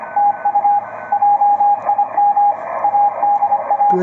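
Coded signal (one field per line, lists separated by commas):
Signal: Morse code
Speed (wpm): 23 wpm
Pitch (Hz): 820 Hz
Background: radio noise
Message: TU JIM ADA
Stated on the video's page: Ten Tec Paragon with 0.50 CW filter, running about 100 watts on 20, 40 and 10 meters with a Ten Tec 963 power supply.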